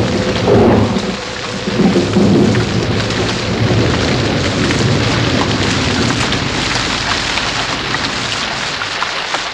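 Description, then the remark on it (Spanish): Rain begins to fall at night over a marble grave: steady, dense rain patters throughout while low rumbles of thunder roll beneath it, swelling loudest in the first few seconds before settling into a continuous wash of rainfall. “Justo entonces, comenzó a llover, y la brisa se aletargó sobre su espalda.”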